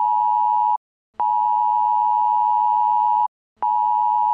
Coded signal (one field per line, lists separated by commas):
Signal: Emergency Alert System (SAME) tones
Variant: 853 and 960 Hz attention tone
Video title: THE TROLLGE [EAS SCENARIO]